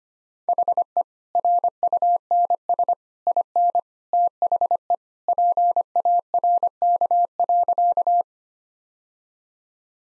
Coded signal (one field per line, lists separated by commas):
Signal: Morse code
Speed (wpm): 25 wpm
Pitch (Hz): 700 Hz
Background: none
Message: HE RUNS IN THE PARK.